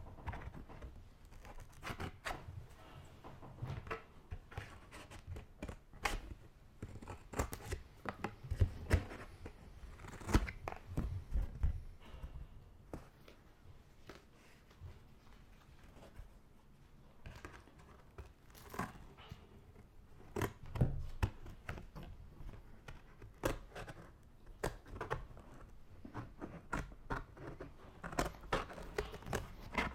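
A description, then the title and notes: Scissors snip through paper and plastic close to the listener. The cuts come as sharp, crisp clicks and rustles in irregular bursts, busiest around eight to eleven seconds and again near twenty and twenty-six, with quiet handling noise between. Scissors Sounds Cutting Paper and Plastic near you.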